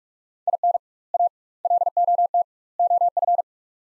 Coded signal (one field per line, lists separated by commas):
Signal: Morse code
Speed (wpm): 42 wpm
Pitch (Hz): 700 Hz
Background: none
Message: IN A LOT OF